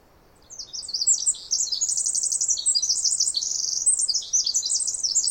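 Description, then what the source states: Pacific wren singing a fast, ringing series of high trills and twitters that starts after half a second and continues to the end. Wild bird singing in trees above the microphone, then flying down closer, very loud; Snider Jackson/Rugged Ridge trail, May 11-13, 2018, morning after dawn chorus; unmastered recording.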